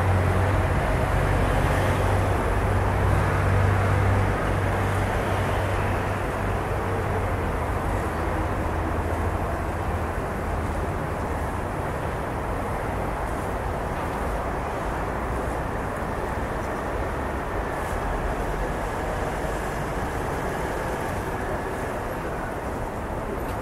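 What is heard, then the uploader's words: A city in France at night, carried by a steady low rumble that hardly changes for the whole stretch, like a constant flow of distant traffic. A deeper hum stands out in the first few seconds and then fades back into the wash. This is a podcast of ambient sounds from the city of France at night.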